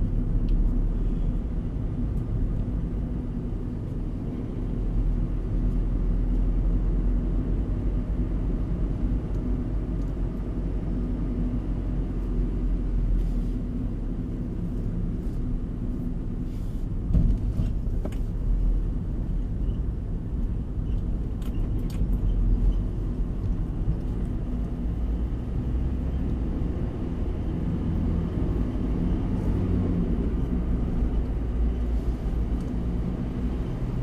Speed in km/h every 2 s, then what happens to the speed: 27, 27, 29, 32, 32, 31, 27, 19, 18, 16, 18, 23, 29, 37, 42, 40, 47.
0-8 steady at about 29. 8-18 slows to 16. 18-27 speeds up to 42. 30-34 speeds up to 47.